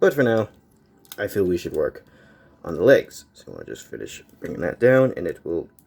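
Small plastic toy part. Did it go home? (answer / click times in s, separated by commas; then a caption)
no / none. Someone talks while folding the plastic leg panel of a Transformers Generations Cybertronian Cliffjumper transforming robot figure down toward its locked position. Only speech is heard, and nothing has seated or clicked yet.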